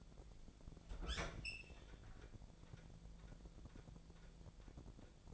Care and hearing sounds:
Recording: daily activity, microphone in the room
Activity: open fridge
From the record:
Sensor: 5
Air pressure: 1000.2 hPa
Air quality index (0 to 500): 104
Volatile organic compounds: 1 ppm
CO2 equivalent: 840 ppm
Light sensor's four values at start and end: 227/540/229/250 and 231/551/234/256

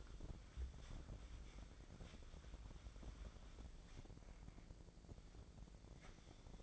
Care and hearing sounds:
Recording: daily activity, microphone in the room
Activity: wipe stove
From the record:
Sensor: 5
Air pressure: 1012.4 hPa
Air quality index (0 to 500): 156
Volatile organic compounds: 2 ppm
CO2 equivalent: 1066 ppm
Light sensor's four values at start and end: 198/474/202/237 and 199/477/203/238

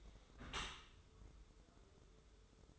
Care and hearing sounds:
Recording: daily activity, microphone in the room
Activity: close dishwasher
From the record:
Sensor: 3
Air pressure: 1015.0 hPa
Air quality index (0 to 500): 41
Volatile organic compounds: 1 ppm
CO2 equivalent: 600 ppm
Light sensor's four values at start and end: 12/27/11/11 and 12/27/11/11

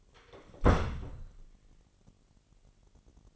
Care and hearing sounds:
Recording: daily activity, microphone in the room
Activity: close door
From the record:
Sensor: 4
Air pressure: 999.4 hPa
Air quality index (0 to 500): 115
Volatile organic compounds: 2 ppm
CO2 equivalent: 1136 ppm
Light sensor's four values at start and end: 12/30/12/13 and 12/30/12/13

